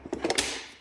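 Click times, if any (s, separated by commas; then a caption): none. An infant car seat is handled and lowered toward the two adapter posts on an Evenflo Transformer stroller, producing a few short knocks and rattles around 0.1, 0.3 and 0.4 s, followed by a fading ring. Nothing has seated or clicked yet.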